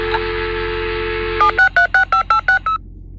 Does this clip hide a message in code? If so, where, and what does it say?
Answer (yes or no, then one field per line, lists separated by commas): yes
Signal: DTMF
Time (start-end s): 1.4-2.6 s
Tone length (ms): 110 ms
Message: 7636586